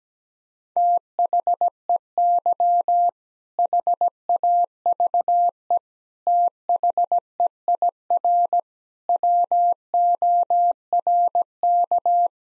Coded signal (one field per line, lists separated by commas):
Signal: Morse code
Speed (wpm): 17 wpm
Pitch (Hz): 700 Hz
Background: none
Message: THEY HAVE THEIR WORK